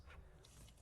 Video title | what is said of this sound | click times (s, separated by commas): T56 Magnum Pivot Ball Stud Length and Clutch Fork Clearancing | And so, we're going to go ahead and and uh just push this up, and it clicks into place. | 0.4 s